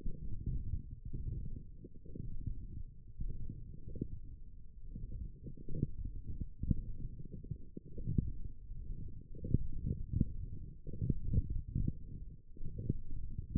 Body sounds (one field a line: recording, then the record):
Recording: forearm muscle sounds (acoustic myography)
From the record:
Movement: forearm pronation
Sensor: system 1, eight BSWA MPA416 microphones around the upper forearm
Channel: 4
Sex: male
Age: 23 years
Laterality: right